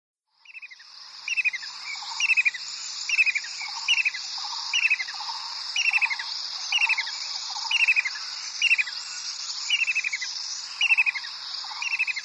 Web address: Schulze Peter White-throated Kingfisher display